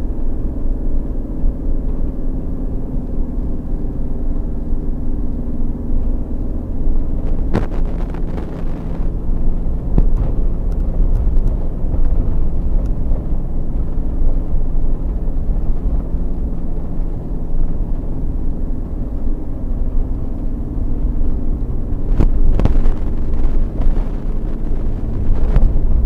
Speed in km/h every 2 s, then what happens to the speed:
44, 42, 42, 44, 46, 44, 46, 46, 44, 42, 42, 42, 40.
0-15 steady at about 44. 15-26 slows to 40.